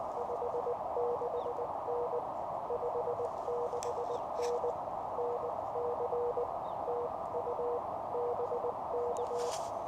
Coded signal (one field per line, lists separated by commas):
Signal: Morse code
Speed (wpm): 20 wpm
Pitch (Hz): 480 Hz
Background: none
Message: 56N 56N NC TU BK